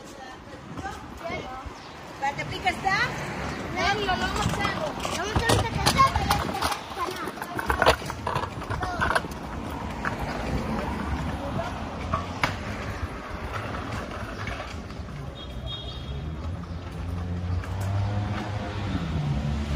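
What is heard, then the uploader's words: A city street heard while walking, with voices talking through most of the stretch and cars passing. Traffic rumbles low and steady underneath, with sharp clicks and knocks around the midpoint and a brief high whine near the end. Street Sounds. Walking In Tel Aviv, Israel.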